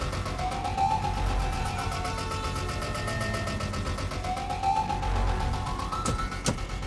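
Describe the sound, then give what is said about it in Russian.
A car speeds along a road with a steady, loud engine and tire roar, while a siren wails up and down twice and a couple of sharp clicks sound near the end. “Автомобиль несется по дороге.”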